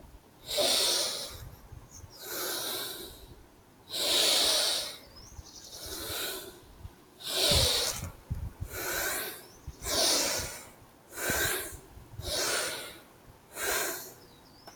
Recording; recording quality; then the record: deep breathing; excellent, no background noise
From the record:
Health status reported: healthy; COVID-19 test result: not tested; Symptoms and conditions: none ticked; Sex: male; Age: 25 years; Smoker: not ticked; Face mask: not worn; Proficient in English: yes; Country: India